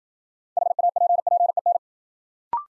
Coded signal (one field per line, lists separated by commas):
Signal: Morse code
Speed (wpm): 53 wpm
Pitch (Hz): 700 Hz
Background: none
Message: HAPPEN